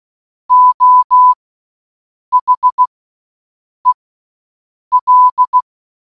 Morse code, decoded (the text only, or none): O HEL